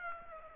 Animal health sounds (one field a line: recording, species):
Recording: mosquito wingbeat signal from an infrared sensor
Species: Aedes aegypti